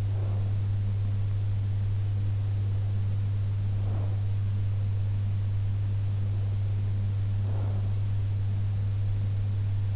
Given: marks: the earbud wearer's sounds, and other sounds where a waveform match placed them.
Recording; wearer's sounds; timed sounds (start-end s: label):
sounds in sleep by an in-ear microphone; breath
0.00-0.70 s: breath
3.65-4.38 s: breath
7.29-8.02 s: breath